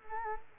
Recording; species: mosquito wingbeat signal from an infrared sensor; Culex quinquefasciatus